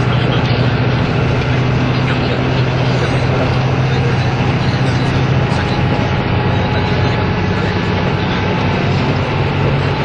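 Running noise of a vehicle travelling between Nagoya and Toyama: a steady, dense roar with a strong low rumble and a droning hum that never lets up. A faint thin whine drifts through the middle, and the level stays even throughout.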